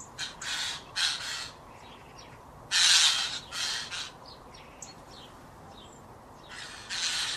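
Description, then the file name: Eurasian jay giving harsh, rasping screeches in a loose series over a steady low background rumble. "Garrulus glandarius"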